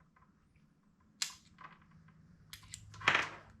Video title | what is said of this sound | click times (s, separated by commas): Olight Warrior Mini 2 Unboxing - Replacing My Junky Carry Light Finally! | this one snaps right in place | 3.1 s